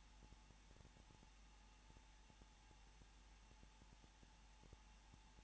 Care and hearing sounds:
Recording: daily activity, microphone in the room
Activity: no activity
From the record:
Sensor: 1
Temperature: 20.2 degrees Celsius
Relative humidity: 35.7%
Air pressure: 994.5 hPa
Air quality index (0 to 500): 182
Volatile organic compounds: 7 ppm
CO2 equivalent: 1997 ppm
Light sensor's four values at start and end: 1/2/1/1 and 1/2/1/1

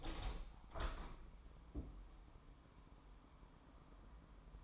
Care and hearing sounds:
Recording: daily activity, microphone in the room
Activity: open window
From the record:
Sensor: 1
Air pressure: 1000.4 hPa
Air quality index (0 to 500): 167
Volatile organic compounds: 3 ppm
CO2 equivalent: 1536 ppm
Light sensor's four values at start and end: 11/26/11/12 and 12/28/12/14

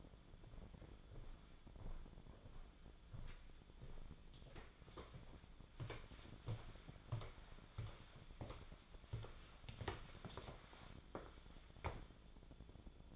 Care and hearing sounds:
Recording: daily activity, microphone in the room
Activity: walk to room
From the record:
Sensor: 5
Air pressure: 1010.2 hPa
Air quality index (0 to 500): 140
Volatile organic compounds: 3 ppm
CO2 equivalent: 1369 ppm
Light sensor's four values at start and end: 286/714/299/329 and 287/681/297/335

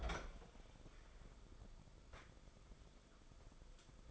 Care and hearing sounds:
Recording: daily activity, microphone in the room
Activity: open fridge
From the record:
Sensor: 5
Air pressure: 994.5 hPa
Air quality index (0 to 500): 192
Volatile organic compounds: 1000 ppm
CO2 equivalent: 5644 ppm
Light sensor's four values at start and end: 49/149/58/65 and 49/148/58/65

